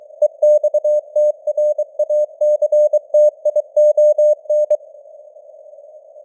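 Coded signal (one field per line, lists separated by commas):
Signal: Morse code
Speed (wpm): 23 wpm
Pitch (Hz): 600 Hz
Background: none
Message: EXTRACTION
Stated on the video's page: Morse code news headlines at 23 wpm with simulated radio noise and varying signal strength (QSB).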